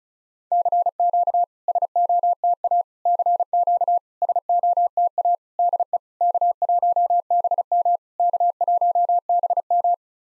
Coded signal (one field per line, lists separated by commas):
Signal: Morse code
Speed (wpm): 37 wpm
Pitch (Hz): 700 Hz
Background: none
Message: CQ SOTA CQ SOTA DE K1BM K1BM